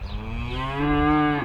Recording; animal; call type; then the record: contact call of a hoofed animal; cattle; low-frequency (closed-mouth) or high-frequency (open-mouth) call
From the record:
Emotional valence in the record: negative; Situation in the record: full separation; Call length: 1.45 s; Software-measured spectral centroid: 1370 Hz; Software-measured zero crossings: 1440 a second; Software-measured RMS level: -23 dBFS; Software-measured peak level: -11 dBFS